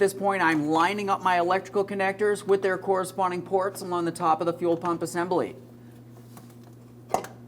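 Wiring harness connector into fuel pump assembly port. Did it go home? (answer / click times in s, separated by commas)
yes / 7.1 s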